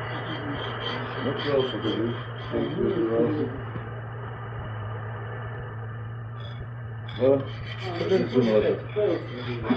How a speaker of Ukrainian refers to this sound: апрацоўваю свой молоток. Уже не 500 граму, а мусить 200. Я ще крыху і ўшэн спілую.